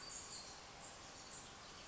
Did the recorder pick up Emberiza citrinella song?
no